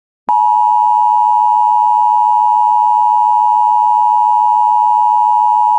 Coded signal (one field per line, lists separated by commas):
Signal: Emergency Alert System (SAME) tones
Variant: 853 and 960 Hz attention tone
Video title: EAS #250 SVR On WJON-IP (FIXED)